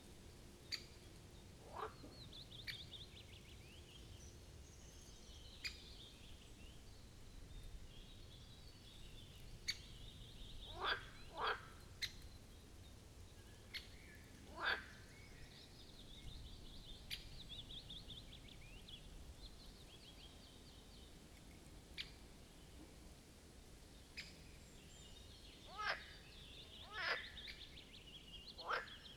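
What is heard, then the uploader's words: Marsh frogs call in short, bright bursts every few seconds over a steady low rumble, with birds chirping faintly in the background. Marsh Frogs of the Birkensee. A chorus of Marsh Frog ( Pelophylax ridibundus ) at the Birkensee, in Schönbuch, DE. Recorded on one of the first proper hot days of this Summer.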